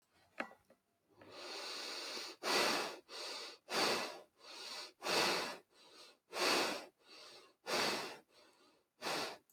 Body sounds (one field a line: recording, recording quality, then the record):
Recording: shallow breathing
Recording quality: excellent, no background noise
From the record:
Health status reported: healthy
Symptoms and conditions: hypertension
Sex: female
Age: 28 years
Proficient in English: yes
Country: United States